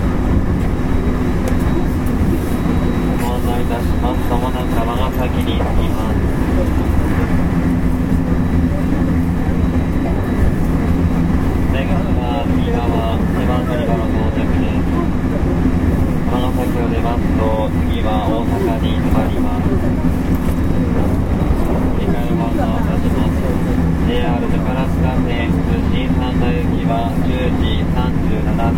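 A loud, steady rumble inside an electric train at speed, with rising and falling motor whines recurring every few seconds over a low drone.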